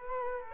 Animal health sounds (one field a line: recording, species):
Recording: mosquito wingbeat signal from an infrared sensor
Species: Culex quinquefasciatus